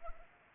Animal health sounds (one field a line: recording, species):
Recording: mosquito wingbeat signal from an infrared sensor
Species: Anopheles arabiensis